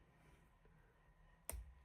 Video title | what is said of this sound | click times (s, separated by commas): MK7 GTI/Golf R Blind Spot + Heated Mirror Upgrade - UroTuning vs ECS Tuning | Make sure you hear that clip. | 1.5 s